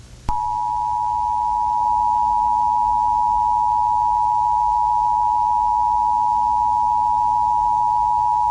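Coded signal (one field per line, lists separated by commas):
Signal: Emergency Alert System (SAME) tones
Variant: 853 and 960 Hz attention tone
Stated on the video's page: Fictional EAS scenario.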